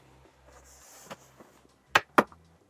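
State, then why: Seated. A leather-upholstered back cushion with handsewn magnetic leather buttons is pressed against the van's cabinetry on the seating wall, so the upholstery won't fly off while driving. Over a quiet low hum, the magnets pull it home with two sharp snaps at 2.0 s and 2.2 s, followed by a faint tick. The cushion is seated firmly in place.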